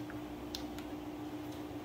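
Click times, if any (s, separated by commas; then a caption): none. The cylinder one spark plug wire boot on an M119 engine is handled while it is being pushed onto the coil or plug terminal. A steady low hum runs throughout, with faint brief ticks of handling noise at about 0.1 s, 0.6 s and 0.8 s. Nothing has seated or clicked yet.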